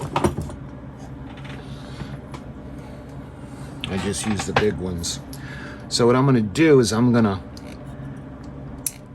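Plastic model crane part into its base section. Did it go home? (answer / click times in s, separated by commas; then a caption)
yes / 8.9 s. A plastic cargo crane part from a 1:200 scale R.M.S. Titanic model kit (AGORA Models) is pressed into its base section with pliers until its pegs snap in. Someone talks over faint handling noises. A sharp click at 8.9 s shows the part has seated.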